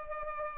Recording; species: mosquito wingbeat signal from an infrared sensor; Culex pipiens